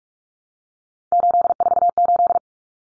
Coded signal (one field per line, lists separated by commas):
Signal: Morse code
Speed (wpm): 44 wpm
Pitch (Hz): 700 Hz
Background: none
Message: 848